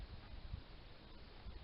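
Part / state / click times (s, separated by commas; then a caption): distributor shaft into engine oil pump drive / not seated / none. A distributor shaft is pushed down into an AMC Jeep 232 six-cylinder engine to engage the oil pump drive. Only a low, rumbling, wind-like noise with soft bumps is heard, with no sharp click. The shaft does not drop in and has not seated in the oil pump drive, because the pump needs turning a little more.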